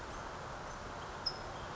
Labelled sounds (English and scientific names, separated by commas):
California Towhee (Melozone crissalis)